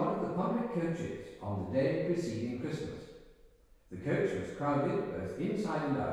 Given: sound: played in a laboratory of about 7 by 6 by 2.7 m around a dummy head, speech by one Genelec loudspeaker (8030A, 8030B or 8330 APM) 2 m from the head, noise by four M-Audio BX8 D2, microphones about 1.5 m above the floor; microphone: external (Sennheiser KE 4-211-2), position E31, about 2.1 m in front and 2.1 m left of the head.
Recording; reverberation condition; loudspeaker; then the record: male speech in English; high; 30 degrees to the left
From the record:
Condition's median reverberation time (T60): about 1300 ms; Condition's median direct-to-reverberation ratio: about -4.0 dB